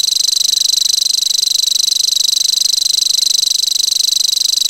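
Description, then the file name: Common grasshopper warbler's reeling song, a dry sizzling trill of evenly spaced rapid ticks, steady and unbroken. "grasshopper warbler omkicau"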